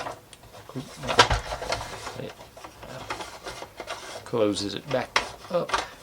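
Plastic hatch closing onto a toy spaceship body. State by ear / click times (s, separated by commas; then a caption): not seated / none. A hinged plastic hatch is handled and closed back onto the body of a Star Wars Slave-I toy spaceship, with rubbing and scraping handling sounds while someone talks. Nothing has seated or clicked yet; the hatch is not yet home.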